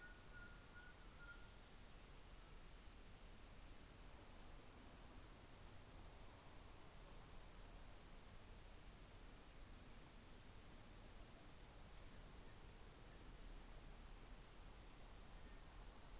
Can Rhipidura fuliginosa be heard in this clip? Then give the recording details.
no. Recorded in New Zealand on 24 December 2018. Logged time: 17:00